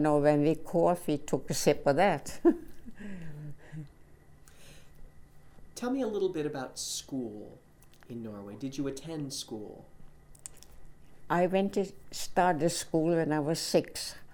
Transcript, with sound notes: When we coughed, we took a sip of that. (she laughs)
Tell me a little bit about school in Norway. Did you attend school?
I went to, started school when I was six.